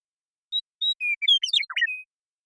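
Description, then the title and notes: Western meadowlark song: a few clear, level whistled notes, then a quick tumbling jumble of gurgling notes that drops in pitch and ends on a steady whistle. Song, contact calls and flush; recorded in the Pacific Northwest, Washington, United States. "Western Meadowlark, Sturnella neglecta, song, contact calls, and flush, family: Troupials and Allies Recorded in the beautiful Pacific Northwest in Washington, United States"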